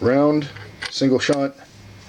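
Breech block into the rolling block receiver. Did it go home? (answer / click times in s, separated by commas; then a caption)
no / none. A steel rolling breech block is handled on a Swedish Rolling Block 12.7x44R artillery carbine after a round has been loaded, on its way to closing back up and locking the single-shot action ready to fire. Someone talks throughout over faint metallic handling noise. The clip ends before the block goes home, so nothing has seated or clicked yet.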